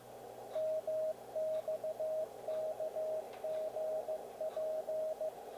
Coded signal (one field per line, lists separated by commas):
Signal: Morse code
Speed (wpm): 15 wpm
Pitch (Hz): 630 Hz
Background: radio noise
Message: MXKGP